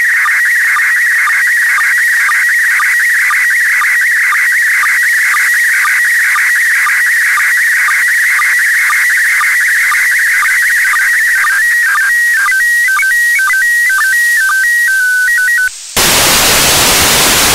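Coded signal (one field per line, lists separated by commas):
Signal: SSTV (slow-scan television)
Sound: steady warbling high tone with regular short ticks, then choppy stepping tones, then hiss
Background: radio static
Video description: picture 2 starts at 5:00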